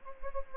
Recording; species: mosquito wingbeat signal from an infrared sensor; Anopheles gambiae